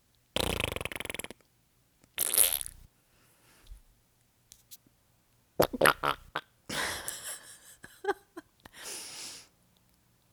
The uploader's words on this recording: Foley Farts. Mouth noises only.